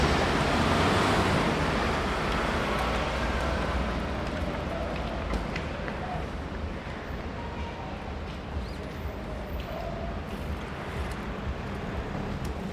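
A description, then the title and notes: Street ambience at the corner of Mortimer Street and Berners Street in London, a dense, steady rumble of traffic that is loudest in the opening seconds and then eases slightly. Faint voices and brief clicks and taps surface now and then over the low drone. Mortimer Street London. I was early for a job in Central London so was waiting on the corner of Mortimer Street and Berners Street to kill some time, or rather, make a field recording.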